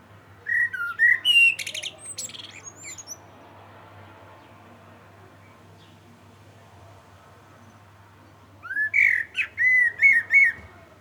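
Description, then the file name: Common blackbird song: two phrases, each a low fluted warble breaking into a high, squeaky twitter, separated by about five seconds of quiet over a steady low hum. "Turdus merula"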